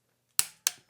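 A torque wrench set to 8 Nm rechecks the second pinch bolt on a Shimano crank arm, because these bolts sometimes work loose. It gives two sharp clicks at 0.4 s and 0.7 s, then a faint tick near 0.9 s. The 8 Nm setting is confirmed.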